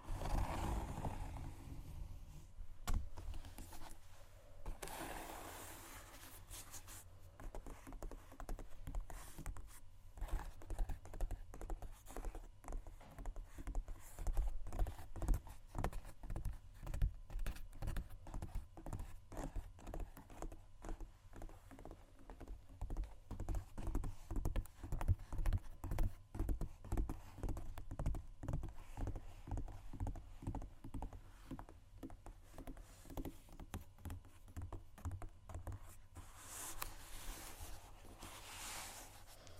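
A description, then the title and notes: Shoes scratch and tap on a hard surface in a dense, irregular stream of short knocks and scuffs, mostly low and dull in tone. Brighter, hissing scrapes flare up near the start, around five to seven seconds, and again near the end. ASMR Shoes Scratching & Tapping（No Talking）.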